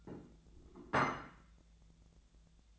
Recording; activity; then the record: daily activity, microphone in the room; place plate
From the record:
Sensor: 3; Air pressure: 1000.3 hPa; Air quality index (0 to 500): 141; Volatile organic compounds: 2 ppm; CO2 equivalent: 1250 ppm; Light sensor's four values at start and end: 25/63/27/30 and 25/63/27/30